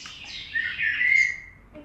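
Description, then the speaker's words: Common blackbird song phrase, a high fluty opening settling into a sustained whistled note. Heard in gardens in spring; only the male sings. "Tehát itt most a fekete rigó énekét halljuk."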